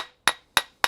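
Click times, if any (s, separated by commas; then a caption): none. A CV joint is tapped with a hammer onto the splines of a car driveshaft, so that its steel circlip will later spring into its groove. Three sharp hammer blows ring out at about 0.3, 0.6 and 0.8 seconds, each decaying quickly into silence. The joint has not seated and the circlip has not clicked home yet.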